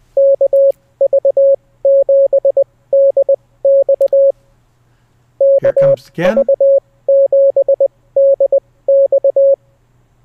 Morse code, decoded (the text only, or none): KV7DX KV7DX